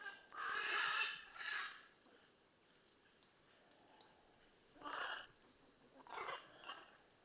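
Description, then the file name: Blue-and-yellow macaw calling with coarse, grating squawks, a long double burst at first, then a few shorter calls after a pause. "Blue and yellow Macaw Ara ararauna"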